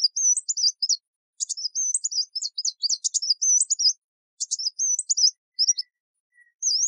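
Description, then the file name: Sunbird twittering song: rapid high, thin, jumbled notes in bursts, with brief pauses between phrases. "Tieng chim hut mat"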